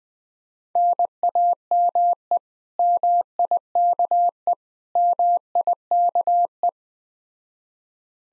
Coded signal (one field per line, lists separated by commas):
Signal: Morse code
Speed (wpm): 20 wpm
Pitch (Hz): 700 Hz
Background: none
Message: NAME MIKE MIKE